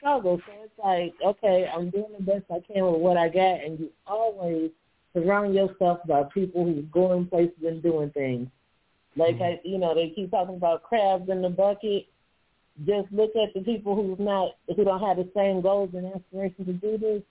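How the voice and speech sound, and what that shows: One adult speaks fluently in a clear, steady voice at a relaxed pace, with short natural pauses.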